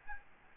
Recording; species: mosquito wingbeat signal from an infrared sensor; Aedes albopictus